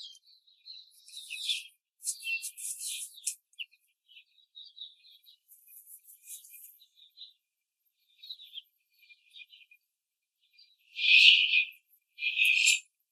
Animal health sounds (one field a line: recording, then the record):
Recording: young laying hens in a cage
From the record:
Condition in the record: control cage, after the stress test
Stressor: none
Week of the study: 4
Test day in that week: 3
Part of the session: 1